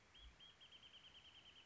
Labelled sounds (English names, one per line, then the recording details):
Wrentit
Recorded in Sonoma County, California